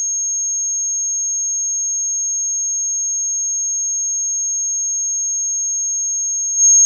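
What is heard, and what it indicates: Simulated tinnitus: a steady, high-pitched pure tone, constant throughout.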